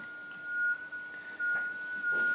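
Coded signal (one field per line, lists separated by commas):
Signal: FT8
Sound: a steady, whistle-like single tone with very slight pitch steps throughout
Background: room noise, faint hum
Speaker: very short you'll be coming through back on the next cycle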